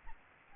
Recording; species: mosquito wingbeat signal from an infrared sensor; Aedes albopictus